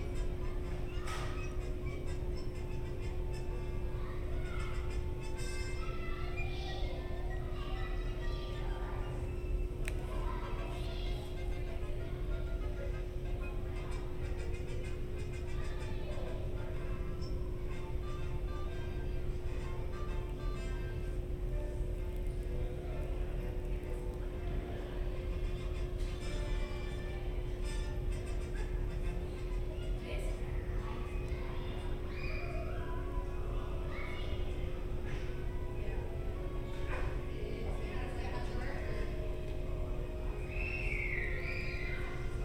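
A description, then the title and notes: Hotel lobby ambience: a steady low rumble and constant hum, scattered murmuring voices throughout, and a brief bright chirp near the end. Disneyland Hotel Fantasy Tower Binaural Ambience.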